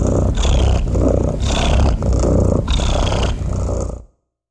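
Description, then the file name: Domestic cat purring, a loud low rumbling that swells and eases in breath-like cycles under a second apart, then stops near the end. "SOUNDS FX MASTER - Relaxing Cat Purring Sounds"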